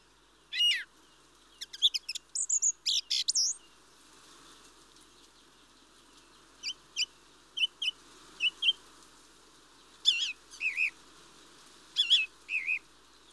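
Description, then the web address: Mistle thrush singing brief, varied phrases of whistled notes separated by pauses. "The BBC Sound Effects Library. Mistle Thrush (Turdus Viscivorus)"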